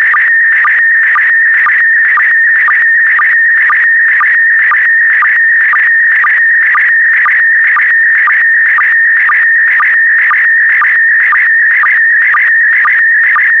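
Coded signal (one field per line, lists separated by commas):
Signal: SSTV (slow-scan television)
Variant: PD120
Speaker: the next image transmission will start in 10 seconds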